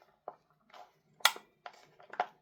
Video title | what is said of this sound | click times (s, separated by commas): Maruyama MP9 GBBR Option Parts | There, I heard something click then. | 1.3 s